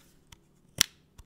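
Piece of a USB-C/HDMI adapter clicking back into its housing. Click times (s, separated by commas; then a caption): 0.8 s. A piece of a USB-C adapter with HDMI is pressed back into its housing and clicks into place with one sharp, loud click at 0.8 s. Two fainter clicks come before it at 0.3 s and after it at 1.2 s. The piece is seated.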